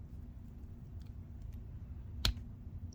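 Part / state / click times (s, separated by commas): pen filling component into fountain pen body / seated / 2.3 s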